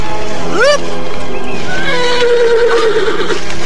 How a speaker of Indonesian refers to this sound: Kuda setan yang telah menjadi sahabat Anting Wulan tetap berdiri di hadapan Raden Purbaya. Kuda itu mengais-ngais kakinya dan sesekali meringkik keras dengan sikap yang kelihatan marah.